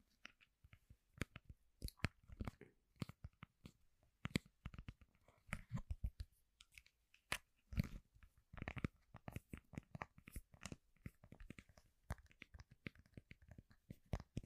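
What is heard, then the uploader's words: Dry cracking and crunching snaps burst irregularly in dense clusters, like bones breaking, with brief silences between. 13 different triggers with simple things but big sounds that I find around the house. BONE-nus LIVE bone cracking sounds.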